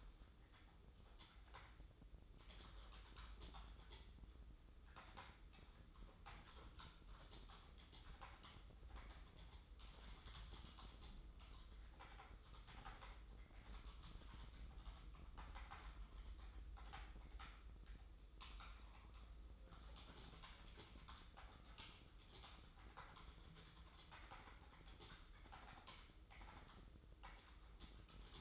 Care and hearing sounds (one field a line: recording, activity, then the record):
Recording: daily activity, microphone in the room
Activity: typing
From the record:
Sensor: 3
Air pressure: 995.3 hPa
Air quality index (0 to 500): 78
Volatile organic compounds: 6 ppm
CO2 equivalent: 1845 ppm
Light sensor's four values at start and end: 18/56/23/20 and 18/55/23/20